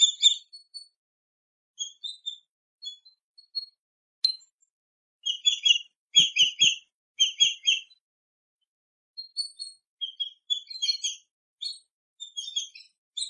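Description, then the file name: Swallow-tailed kite giving high, thin, sharp chirping notes in short bursts with brief pauses between groups, with a few low clicks midway. "Canto do Gaviao tesoura"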